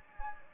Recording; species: mosquito wingbeat signal from an infrared sensor; Anopheles gambiae